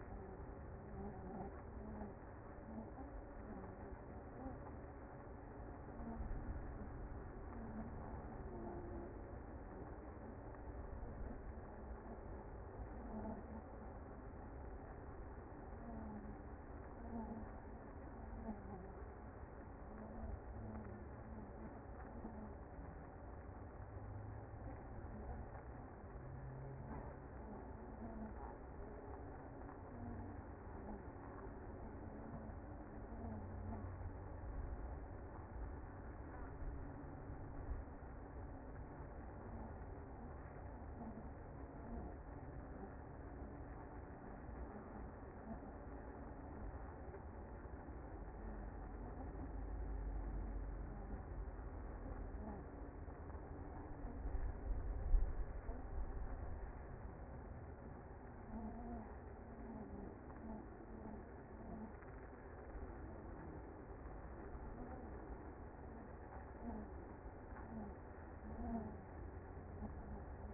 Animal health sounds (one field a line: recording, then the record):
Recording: honeybee colony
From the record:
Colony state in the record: active